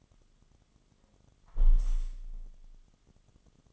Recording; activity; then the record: daily activity, microphone in the room; close window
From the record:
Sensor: 4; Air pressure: 1005.6 hPa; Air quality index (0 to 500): 100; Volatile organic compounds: 2 ppm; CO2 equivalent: 1232 ppm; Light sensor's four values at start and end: 13/29/11/11 and 13/29/11/11